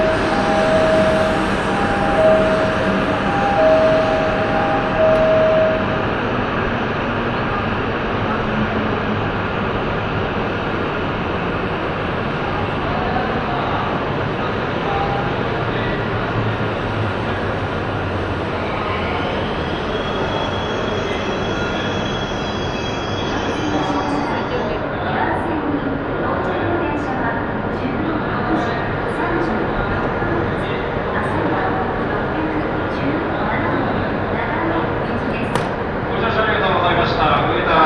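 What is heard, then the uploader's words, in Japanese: A train motor's whine rises and falls over a steady rumble of wheels, with beeping tones early and a voice briefly near the end. しなの鉄道・北陸新幹線 小諸→上田→長野。やってきたのはラッキーなことに115系の3両編成。久々にモーター音の唸りを堪能できます。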